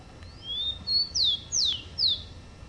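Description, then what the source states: Rufous-collared sparrow singing a rising thin whistle, then three bright downslurred whistles spaced about half a second apart, clear against quiet hiss. Chirping call (pio).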